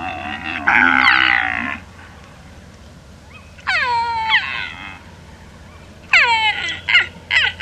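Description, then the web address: Père David's deer giving a loud harsh drawn-out call, then clusters of high squealing notes that drop steeply in pitch, several in quick succession. "pere davids deer"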